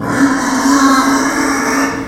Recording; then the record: squeal of a Yucatan mini pig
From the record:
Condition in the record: after surgery on the right vocal fold (resection and tissue-engineered implant); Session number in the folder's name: 4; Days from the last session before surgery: 26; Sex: female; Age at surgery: 19 weeks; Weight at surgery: 25 kg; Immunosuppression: prednisolone